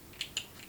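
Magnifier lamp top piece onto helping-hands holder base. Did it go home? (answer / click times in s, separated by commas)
yes / 0.4 s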